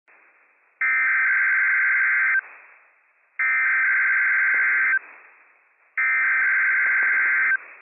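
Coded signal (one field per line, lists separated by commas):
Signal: Emergency Alert System (SAME) tones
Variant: header bursts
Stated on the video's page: Required weekly test from the National Weather Service in Pendleton, Oregon, carried on NOAA weather radio; operational alert tones.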